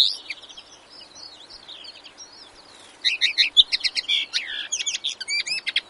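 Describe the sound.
Common linnet song: soft, rambling twitter at first, then a louder rush of varied chirps, rattles and quick slurred whistles.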